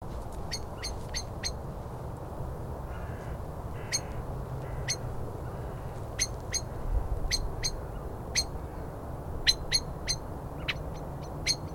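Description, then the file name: Common blackbird uttering short, hard ticking calls at uneven intervals, with a constant low hum beneath. "Turdus merula"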